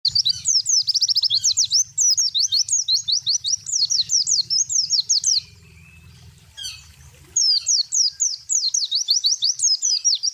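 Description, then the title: Spiderhunter song: sustained rapid strings of high, slurred whistles, a short break near the middle, then the fast phrase resumes. Long, clear, energetic song. "Pijantung Gunung Gacor Jernih Panjang"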